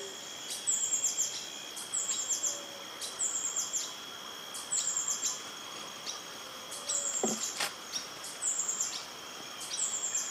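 Rufous-throated sapphire giving rapid high-pitched chip series, each burst brief and repeated often at irregular intervals, with a constant insect hum and soft low notes behind.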